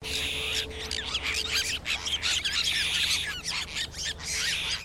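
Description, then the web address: Apostlebirds in a group call: harsh, scratchy chatter and squeaky notes from several birds overlapping in busy bursts, with a steady low hum underneath. Group of birds calling together, in stereo. "Sound Effects-Foundation. BIRD APOSTLE BIRD GROUP CALL"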